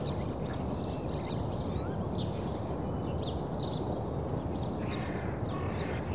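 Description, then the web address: Birds chirping with sliding high whistles and short twitters throughout, backed by a constant low rumble. Birds in suburbia in the early morning. "The BBC Sound Effects Library (Suburbia) Early Morning Suburban Birds"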